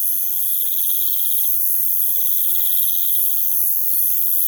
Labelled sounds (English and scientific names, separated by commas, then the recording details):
none
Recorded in pastures near Puerto Asís, Putumayo, Colombia, on 25 June 2025 at 02:30
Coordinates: 0.487, -76.322
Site H26